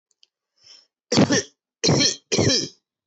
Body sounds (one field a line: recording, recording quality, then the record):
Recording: heavy voluntary cough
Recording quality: poor, much background noise or distortion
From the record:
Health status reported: healthy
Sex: male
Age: 26 years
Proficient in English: yes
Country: India